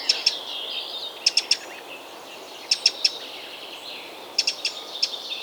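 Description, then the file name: Eurasian wren giving sharp, dry ticking calls in quick bursts of two or three, over a continuous high warbling. "Troglodytes troglodytes"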